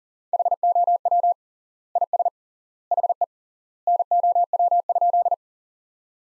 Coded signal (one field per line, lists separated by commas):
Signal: Morse code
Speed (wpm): 40 wpm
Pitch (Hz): 700 Hz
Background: none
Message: HOW IS HE NOW?